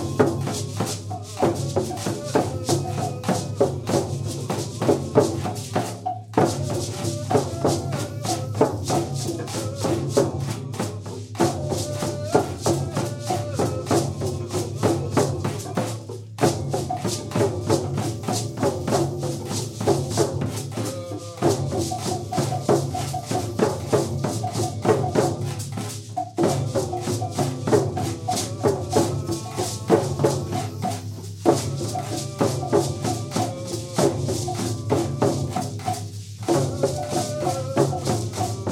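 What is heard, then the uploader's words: A drum circle plays a steady, galloping horse-beat pattern, dense with overlapping hand drums and a strong low thump underneath. The rhythm holds throughout, broken by brief near-silent gaps roughly every five seconds, at about 6, 11, 16, 21, 26 and 31 seconds. Horse Beat Drum Sequence. Drum Circles improvised recordings in a community setting with novice & experienced participants.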